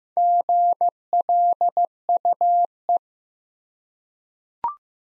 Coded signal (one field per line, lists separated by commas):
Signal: Morse code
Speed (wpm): 15 wpm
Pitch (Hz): 700 Hz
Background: none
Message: GLUE